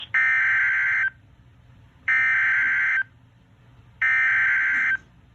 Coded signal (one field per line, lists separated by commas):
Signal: Emergency Alert System (SAME) tones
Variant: header bursts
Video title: EAS Severe Thunderstorm Warning 5/26/21